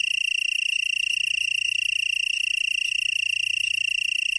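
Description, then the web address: Black-horned tree cricket song, a steady high continuous trill made of rapid even pulses, unbroken throughout, with no other clear sounds. "Songs of Insects. Black-horned Tree Cricket"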